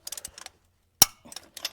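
A torque wrench set to about 95 pounds ratchets a lug nut down on a pickup truck wheel. Quiet ratcheting ticks come before and after one sharp, loud click at 1.0 s. That click means the lug nut has reached its torque setting, so it cannot be overtightened.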